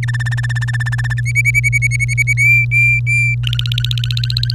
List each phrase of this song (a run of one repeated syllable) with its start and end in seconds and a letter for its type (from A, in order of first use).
0.03-1.21 A, 1.25-2.33 B, 2.37-3.35 C, 3.43-4.55 D